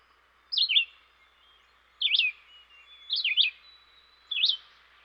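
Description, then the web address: Red-eyed vireo song: short, slurred whistled phrases, each a quick up-and-down warble, separated by pauses. Eastern North America. "Dan Gibson Wildlife Identification By Sound, Eastern North America Pt 1. Red-Eyed Vireo"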